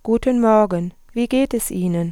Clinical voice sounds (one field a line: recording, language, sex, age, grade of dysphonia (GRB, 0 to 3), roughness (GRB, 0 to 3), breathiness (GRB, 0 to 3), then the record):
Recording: spoken sentence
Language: German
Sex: female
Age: 30 to 39 years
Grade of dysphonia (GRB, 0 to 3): 1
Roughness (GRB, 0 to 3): 1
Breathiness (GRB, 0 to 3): 0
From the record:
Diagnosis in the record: hyperfunctional dysphonia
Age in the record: 31 years